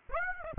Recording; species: mosquito wingbeat signal from an infrared sensor; Aedes aegypti